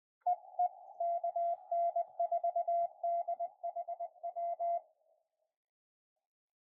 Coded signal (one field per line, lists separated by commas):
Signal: Morse code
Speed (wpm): 20 wpm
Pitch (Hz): 700 Hz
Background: none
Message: EE KN4DHW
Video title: Parks On The Air (POTA) at the Tuckertown access area below the Highrock Lake Dam